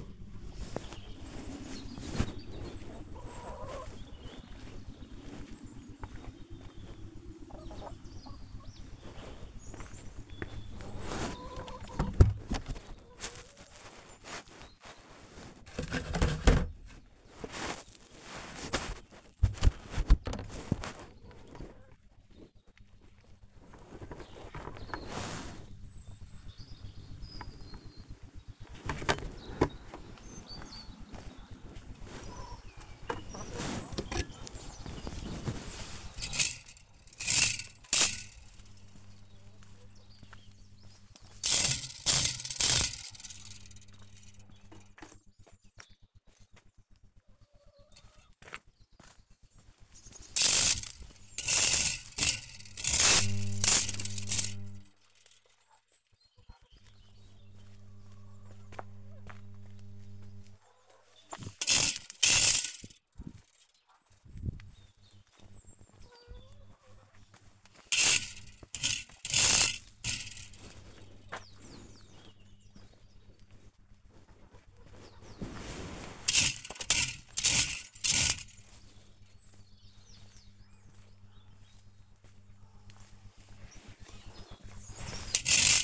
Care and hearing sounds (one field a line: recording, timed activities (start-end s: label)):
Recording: household activities, microphone on the right wrist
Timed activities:
0.88-85.84 s: feeding the chickens